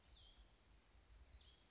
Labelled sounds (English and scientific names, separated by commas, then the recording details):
Cassin's Vireo (Vireo cassinii)
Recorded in Sonoma County, California